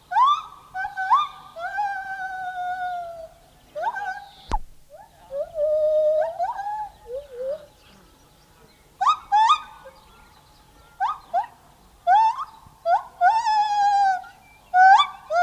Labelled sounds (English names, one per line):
Lar Gibbon song